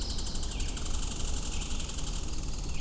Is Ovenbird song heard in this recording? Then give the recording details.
no. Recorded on 22 June 2016 at 08:09. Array SBT-6-76